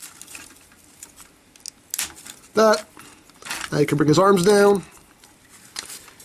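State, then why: Seated. The plastic arms of a Transformers Age of Extinction First Edition Leader Optimus Prime transforming toy robot are brought forward into their locked position on the torso. Sharp plastic clicks are heard, the loudest at 1.9 s, as the arms lock into place, followed by someone talking.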